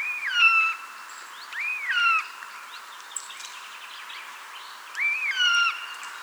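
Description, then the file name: Eurasian jay producing arched, slurred whistles that rise then drop, in two spaced groups separated by a quieter stretch of soft chatter. "Garrulus glandarius"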